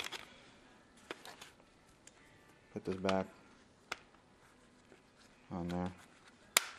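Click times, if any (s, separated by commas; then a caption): 6.6 s. An action camera mount for a ContourHD is pushed back onto the plastic bracket on a Sly Profits mask while someone talks, with a few faint clicks and taps along the way. A single sharp, loud snap at 6.6 s marks the mount seating onto the bracket.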